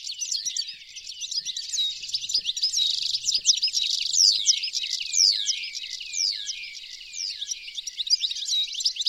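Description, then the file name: European goldfinch calls, a dense, continuous high twittering of quick rising and falling notes that overlap throughout. "Carduelis carduelis"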